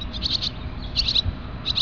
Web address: Mitchell Lake. Barn Swallow